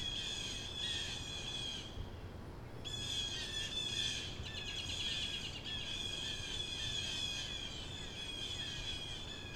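Crow chattering in high, fast-pulsed squeaky bursts, broken by two short pauses, then continuing steadily to the end.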